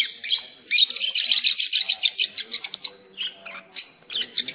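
Lovebird chirping calls, rapid shrill squeaky notes in a near-continuous chatter, with a brief pause before bursts resume near the end.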